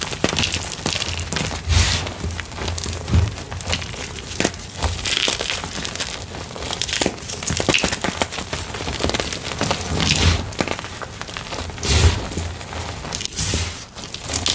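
Gym chalk is crushed in a steady run of crunchy, crinkling sounds, dense and uneven with no pauses. Sharper crunches stand out around two, three, ten and twelve seconds, with low thumps under them.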